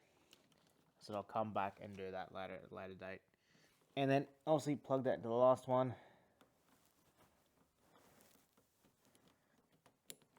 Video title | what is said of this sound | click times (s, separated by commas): DIY Making My Own Spott Light Wiring Harness for the new Stedi Spotties | Wait for the click. Yep, we're now in. | 10.1 s